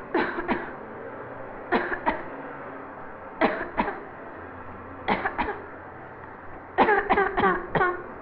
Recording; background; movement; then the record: voluntary coughing; traffic; sitting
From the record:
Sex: female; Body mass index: 18.3 kg/m2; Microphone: on the chest, facing the body